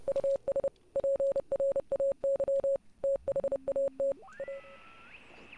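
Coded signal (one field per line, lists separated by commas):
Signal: Morse code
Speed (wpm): 30 wpm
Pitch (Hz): 550 Hz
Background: none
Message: US PRAY THAT A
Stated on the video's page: Morse signal from the game Oxenfree.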